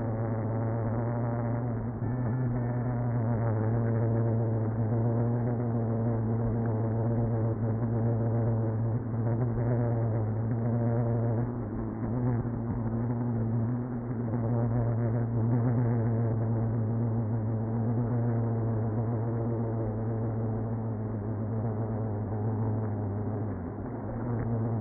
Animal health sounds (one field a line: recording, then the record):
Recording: honeybee colony, microphone inside the hive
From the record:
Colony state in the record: queenless (queen removed)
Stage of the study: after two queens were removed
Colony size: about 60,000 bees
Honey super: yes